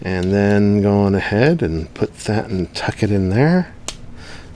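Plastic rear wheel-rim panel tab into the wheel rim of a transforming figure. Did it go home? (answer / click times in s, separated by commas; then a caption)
yes / 3.9 s. Someone talks while lifting a plastic rear wheel-rim panel on a Transformers Legacy Evolution War Dawn transforming figure up and over, then tucking its small tab under the wheel rim. A sharp click sounds at 3.9 s as the panel snaps into place and seats.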